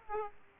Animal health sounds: mosquito wingbeat signal from an infrared sensor; Aedes aegypti

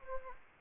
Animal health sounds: mosquito wingbeat signal from an infrared sensor; Anopheles gambiae

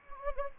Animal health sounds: mosquito wingbeat signal from an infrared sensor; Anopheles gambiae

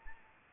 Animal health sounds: mosquito wingbeat signal from an infrared sensor; Anopheles arabiensis

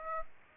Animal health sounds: mosquito wingbeat signal from an infrared sensor; Aedes aegypti

